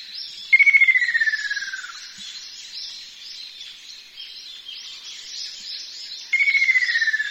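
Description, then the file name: Ruddy kingfisher call: two descending rattling trills, the first dropping in pitch over about one and a half seconds, the second cut off by the end, with steady insect chirping throughout. "akashobin"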